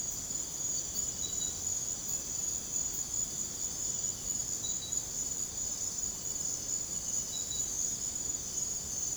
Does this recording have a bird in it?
no